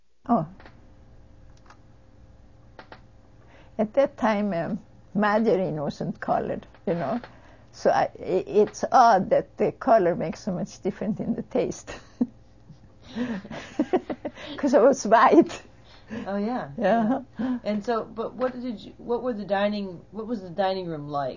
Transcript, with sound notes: At that time margarine wasn't called, you know. It's odd that the color makes so much difference in the taste. ( she laughs ) Because it was white.
Oh, yeah. And so, but what did, what was the dining, what was the dining room like?